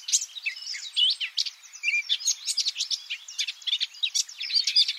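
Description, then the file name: Eurasian blackcap singing a lively, scratchy jumble of high twitters and brief whistles in quick succession. "Sylvia atricapilla"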